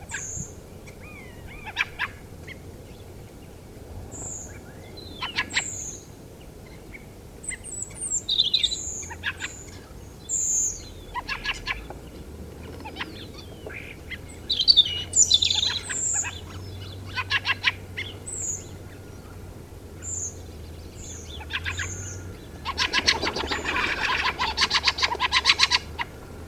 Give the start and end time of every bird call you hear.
[0.08, 0.21] Fieldfare (0.8-8.7 kHz)
[0.08, 0.53] Redwing (5.7-8.6 kHz)
[1.00, 1.68] European Starling (0.8-3.6 kHz)
[1.63, 2.09] Fieldfare (0.8-7.6 kHz)
[2.46, 2.55] Fieldfare (1.6-6.8 kHz)
[3.40, 3.48] Common Chaffinch (2.0-3.0 kHz)
[4.10, 4.50] Redwing (6.4-8.2 kHz)
[4.96, 5.40] European Starling (2.3-4.1 kHz)
[5.20, 5.63] Fieldfare (0.6-6.6 kHz)
[5.48, 6.03] Redwing (5.9-8.6 kHz)
[6.39, 6.46] Common Chaffinch (2.1-3.1 kHz)
[6.90, 6.99] Fieldfare (1.5-2.5 kHz)
[7.44, 8.76] European Robin (1.9-9.3 kHz)
[7.50, 7.57] Fieldfare (1.4-4.3 kHz)
[8.62, 9.08] Redwing (5.8-8.8 kHz)
[9.08, 9.49] Fieldfare (0.7-5.7 kHz)
[9.36, 9.75] Redwing (6.0-9.1 kHz)
[10.28, 10.72] Redwing (5.4-8.3 kHz)
[10.74, 11.12] European Starling (3.3-4.9 kHz)
[11.12, 11.74] Fieldfare (0.6-8.4 kHz)
[12.60, 13.44] Fieldfare (0.6-6.2 kHz)
[12.96, 13.94] European Starling (1.4-5.2 kHz)
[14.10, 14.17] Fieldfare (1.4-5.0 kHz)
[14.48, 15.79] European Robin (2.8-8.3 kHz)
[15.54, 16.35] Fieldfare (0.6-4.1 kHz)
[15.85, 16.28] Redwing (6.6-8.8 kHz)
[16.29, 16.41] House Sparrow (2.8-4.2 kHz)
[16.84, 16.97] House Sparrow (3.0-4.6 kHz)
[17.13, 17.72] Fieldfare (0.7-7.3 kHz)
[17.97, 18.04] Fieldfare (1.5-5.6 kHz)
[18.04, 18.12] House Sparrow (2.9-3.7 kHz)
[18.25, 18.60] Redwing (5.9-8.7 kHz)
[18.60, 18.73] House Sparrow (2.9-4.2 kHz)
[20.02, 20.35] Redwing (5.6-8.2 kHz)
[20.94, 21.32] Redwing (5.5-8.1 kHz)
[21.27, 21.39] House Sparrow (2.9-3.8 kHz)
[21.38, 21.85] Fieldfare (0.7-5.7 kHz)
[21.70, 22.18] Redwing (5.2-7.9 kHz)
[22.36, 22.49] House Sparrow (3.0-4.1 kHz)
[22.63, 26.05] Fieldfare (0.7-9.4 kHz)

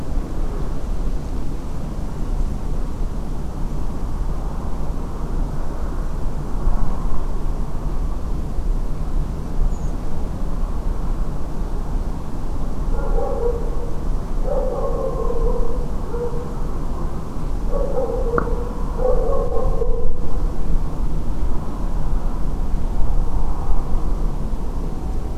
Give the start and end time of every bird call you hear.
[9.70, 9.91] Redwing (6.2-7.3 kHz)

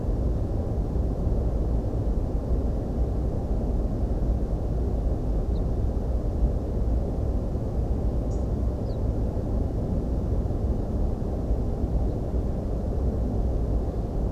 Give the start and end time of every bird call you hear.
[5.54, 5.60] Ortolan Bunting (3.5-5.0 kHz)
[8.27, 8.43] European Robin (4.2-9.0 kHz)
[8.85, 8.97] Ortolan Bunting (3.6-5.4 kHz)

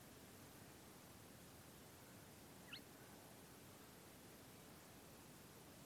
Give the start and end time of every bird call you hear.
[2.67, 2.79] Spotted Crake (1.2-4.4 kHz)

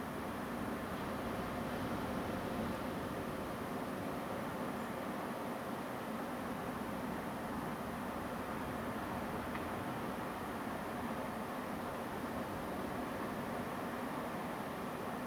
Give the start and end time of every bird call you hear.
[2.74, 2.77] Song Thrush (7.0-8.1 kHz)
[4.79, 4.84] Song Thrush (6.9-7.4 kHz)

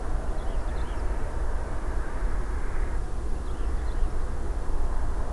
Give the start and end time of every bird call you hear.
[0.27, 1.04] Wood Lark (2.6-6.0 kHz)
[3.46, 4.14] Wood Lark (2.6-6.2 kHz)

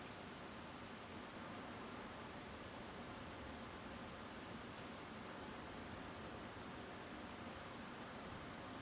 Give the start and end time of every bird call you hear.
[4.22, 4.25] Song Thrush (7.9-9.4 kHz)

